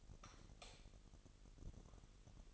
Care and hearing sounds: daily activity, microphone in the room; light off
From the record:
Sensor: 4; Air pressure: 989.1 hPa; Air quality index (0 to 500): 216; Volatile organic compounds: 68 ppm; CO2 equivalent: 3502 ppm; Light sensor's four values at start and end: 28/93/34/36 and 25/81/30/30

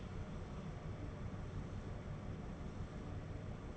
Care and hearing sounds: daily activity, microphone in the room; open door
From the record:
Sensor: 4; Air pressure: 1016.0 hPa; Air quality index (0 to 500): 207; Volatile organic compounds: 12 ppm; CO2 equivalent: 2358 ppm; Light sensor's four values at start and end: 9/20/8/7 and 9/20/8/7

